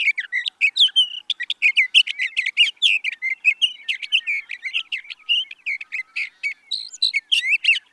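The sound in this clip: Sage thrasher singing a rapid, continuous medley of warbled notes, short trills and whistles, loud and steady throughout.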